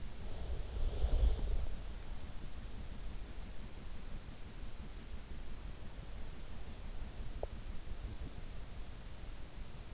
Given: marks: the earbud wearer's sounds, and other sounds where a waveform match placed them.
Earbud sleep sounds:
sounds in sleep by an in-ear microphone; breath, teeth grinding
0.00-2.01 s: breath
7.31-7.59 s: teeth grinding

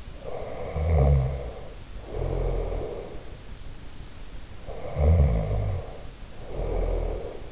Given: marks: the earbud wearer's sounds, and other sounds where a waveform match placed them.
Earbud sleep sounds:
sounds in sleep by an in-ear microphone; snoring breath
0.21-3.44 s: snoring breath
4.61-7.52 s: snoring breath

